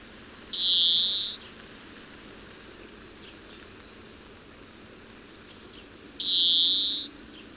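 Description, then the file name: European greenfinch wheezing: two harsh, drawn-out buzzy notes roughly five seconds apart, with a constant noisy background. "Chloris chloris"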